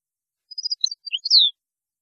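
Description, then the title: European goldfinch song: a quick run of high tinkling chirps ending in a louder, drawn-out buzzy downslurred note. "Chant Chardonneret"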